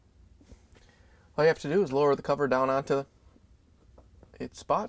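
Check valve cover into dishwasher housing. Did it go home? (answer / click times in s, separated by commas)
no / none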